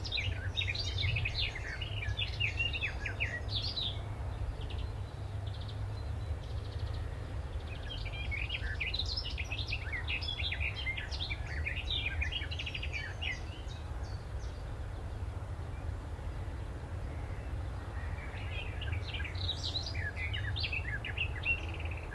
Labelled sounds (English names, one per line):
Willow Warbler